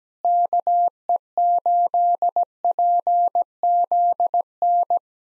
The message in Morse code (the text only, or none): KE8PZN